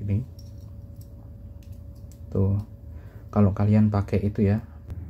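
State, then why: Not seated. A thread adapter is being screwed by hand onto a microphone holder mount, with a few faint ticks and scrapes at about 1.0, 1.6, 2.1 and 4.9 seconds while someone talks. Nothing has seated or clicked yet; the adapter is still being handled, not yet home.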